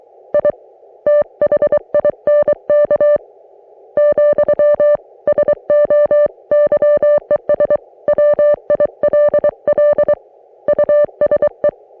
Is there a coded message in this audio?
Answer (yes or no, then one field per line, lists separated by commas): yes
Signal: Morse code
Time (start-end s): 0.3-11.7 s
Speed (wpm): 23 wpm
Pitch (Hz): 590 Hz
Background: music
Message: I THINK , SO YES WILL USE